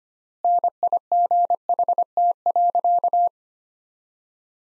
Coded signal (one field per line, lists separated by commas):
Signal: Morse code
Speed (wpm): 25 wpm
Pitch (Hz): 700 Hz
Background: none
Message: NIGHT.